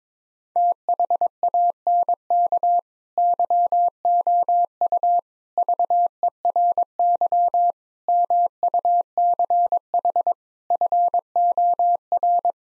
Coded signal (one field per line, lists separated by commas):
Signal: Morse code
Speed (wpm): 22 wpm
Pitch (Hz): 700 Hz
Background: none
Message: THANK YOU VERY MUCH FOR